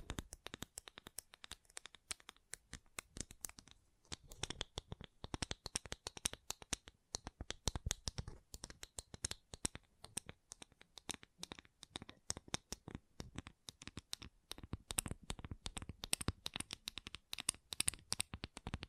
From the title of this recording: ASMR Gentle Tapping